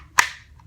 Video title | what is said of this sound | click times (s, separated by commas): FNS9 Pistol Review / TFX Pro Sight Review, Big Johnson Style! | you know get the nice click we all listen for | 0.2 s